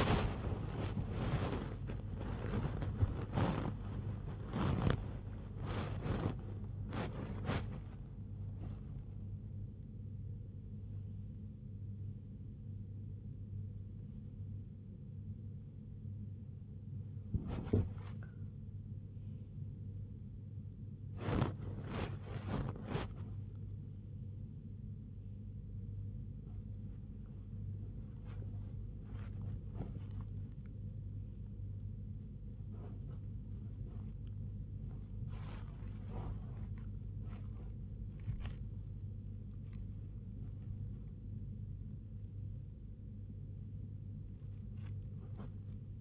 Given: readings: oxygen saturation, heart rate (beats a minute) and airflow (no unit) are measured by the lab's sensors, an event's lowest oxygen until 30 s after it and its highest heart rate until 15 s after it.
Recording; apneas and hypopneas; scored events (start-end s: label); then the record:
a person awake in a sleep study, by a smartphone at the bedside; none
3.00-46.01 s: awake
From the record:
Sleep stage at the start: awake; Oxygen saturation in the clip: 94 to 97%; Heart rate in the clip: 89 to 100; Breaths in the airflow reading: 14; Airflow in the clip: -3.9 to 5.0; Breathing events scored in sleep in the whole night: 158 in 7.3 hours asleep